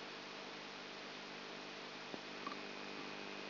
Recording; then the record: brain microelectrode recording played as sound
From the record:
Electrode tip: outside the subthalamic nucleus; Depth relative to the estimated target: -4 mm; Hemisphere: left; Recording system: AlphaMap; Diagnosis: Parkinson's disease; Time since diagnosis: 12 years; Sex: female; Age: 59 years